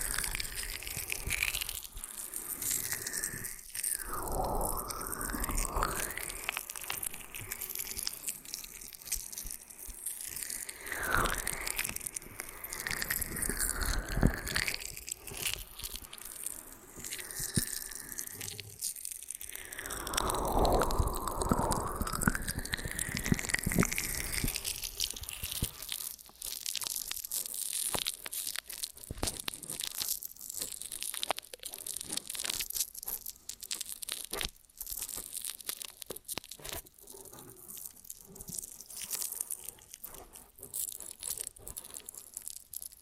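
Ear and scalp massage with dense, crackly rubbing and crunching, rising and falling swooshes around 4, 11, 17 and 20 seconds, then quicker scratchy taps.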